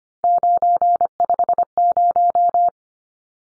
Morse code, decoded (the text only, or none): 950